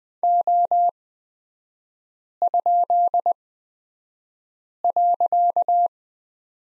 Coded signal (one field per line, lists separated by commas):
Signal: Morse code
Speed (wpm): 20 wpm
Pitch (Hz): 700 Hz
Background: none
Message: O?.